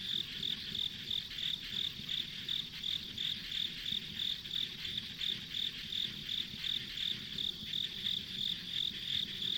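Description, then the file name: Insect chorus with a bright chirp pulsing about three times each second over a constant high buzz and soft low rumble. Ambient insect sounds on a rural country road. "田舎道の虫の環境音"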